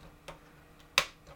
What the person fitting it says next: That's the clicks.